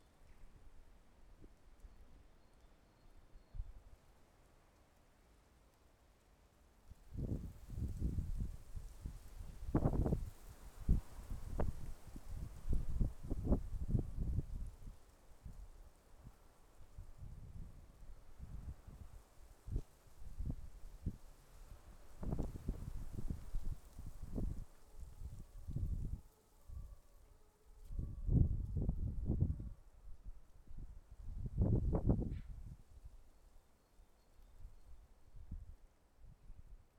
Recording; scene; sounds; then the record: everyday scene through a hearing-aid microphone; wind on the microphone; wind, traffic, siren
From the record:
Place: suburban garden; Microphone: behind the ear, left, front